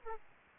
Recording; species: mosquito wingbeat signal from an infrared sensor; Aedes aegypti